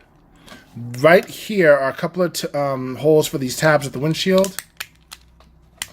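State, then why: Seated. Plastic tabs are pushed into holes at the windshield of a toy car body while someone talks. Sharp snaps are heard at 4.8 s and 5.8 s as the tabs lock in and seat.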